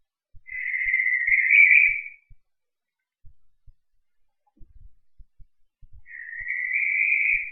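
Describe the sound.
Cape Verde barn owl screams: two long, harsh, hissing screeches separated by a quiet gap with faint low clicks and thumps.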